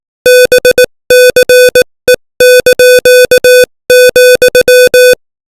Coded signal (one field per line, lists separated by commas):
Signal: Morse code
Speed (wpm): 18 wpm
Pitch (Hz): 500 Hz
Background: music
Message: BCE),